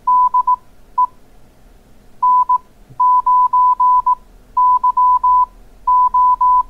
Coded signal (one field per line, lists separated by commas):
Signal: Morse code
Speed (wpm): 18 wpm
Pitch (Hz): 1000 Hz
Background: none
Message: DE N9YO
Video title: Learn CW Morse Code | How to Call CQ | Absolute Beginners